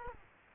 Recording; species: mosquito wingbeat signal from an infrared sensor; Culex quinquefasciatus